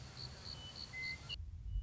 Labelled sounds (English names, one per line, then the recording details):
Western Meadowlark
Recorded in Sonoma County, California